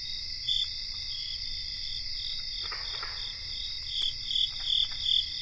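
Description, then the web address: Crickets in chorus: continuous shrill trilling with faint pulsing, then clearer rhythmic chirps building toward the close. Cricket chorus recorded in North America. "Nature Songs N America Songs of Insects 77-Cricket chorus"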